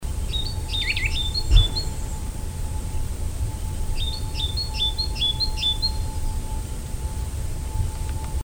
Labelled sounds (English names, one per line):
Great Tit song
Eurasian Nuthatch